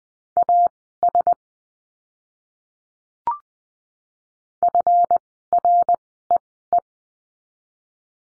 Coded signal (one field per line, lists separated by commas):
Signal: Morse code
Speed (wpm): 20 wpm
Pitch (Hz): 700 Hz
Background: none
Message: AS FREE